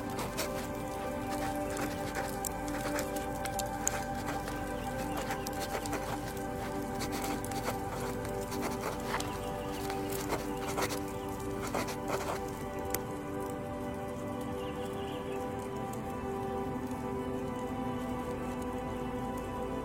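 A wood fire squeaks and hisses steadily, with dense crackles and pops flickering throughout and a cluster of sharper snaps around ten to thirteen seconds.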